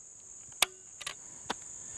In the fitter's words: i'm going to drop the bolt into the trigger shoe box i'm going to line it right up you'll hear it snap on the string